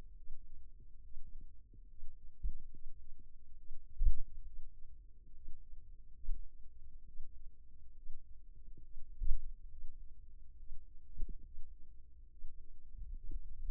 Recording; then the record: forearm muscle sounds (acoustic myography)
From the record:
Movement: finger pinch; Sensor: system 2, bracelet of six BSWA MPA416 microphones around the upper forearm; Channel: 5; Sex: male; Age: 22 years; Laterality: right